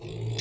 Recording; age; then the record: pig call; weaner (32 to 43 days)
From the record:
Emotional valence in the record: negative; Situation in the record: long isolation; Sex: female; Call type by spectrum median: low-frequency call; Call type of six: mixed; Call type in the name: high-frequency modulated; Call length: 0.41 s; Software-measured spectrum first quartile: 159 Hz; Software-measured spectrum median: 845 Hz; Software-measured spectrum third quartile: 4886 Hz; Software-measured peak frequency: 124 Hz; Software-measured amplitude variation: 105 dB a second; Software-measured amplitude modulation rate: 29.2 a second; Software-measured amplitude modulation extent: 3.6 dB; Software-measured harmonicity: 12.3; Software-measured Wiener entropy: -4.07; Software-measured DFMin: 1047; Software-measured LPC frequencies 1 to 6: 2053, 2548, 3471, 4084, 4874, 5467 Hz